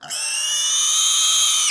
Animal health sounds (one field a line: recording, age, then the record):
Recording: pig call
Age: weaner (32 to 43 days)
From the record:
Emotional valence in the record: negative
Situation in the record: restrain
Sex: male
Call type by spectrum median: high-frequency call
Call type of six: high-frequency stable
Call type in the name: high-frequency stable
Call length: 1.71 s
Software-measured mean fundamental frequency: 329 Hz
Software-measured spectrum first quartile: 3364 Hz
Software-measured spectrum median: 5612 Hz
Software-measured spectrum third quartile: 7213 Hz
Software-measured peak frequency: 6391 Hz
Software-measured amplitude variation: 55 dB a second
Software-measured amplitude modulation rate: 29.3 a second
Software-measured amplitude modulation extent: 1.9 dB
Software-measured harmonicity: 4.7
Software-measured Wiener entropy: -2.46